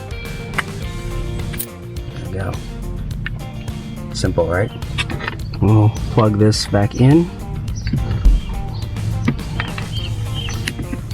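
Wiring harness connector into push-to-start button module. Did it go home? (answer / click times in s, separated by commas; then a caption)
no / none. A wiring harness connector is handled near the replacement push-to-start button module of a Chevy SS (Holden Commodore SSV Redline) over background music, and someone talks. A few small clicks and handling knocks are heard, but the connector has not yet been plugged back onto the button, and nothing has seated or clicked yet.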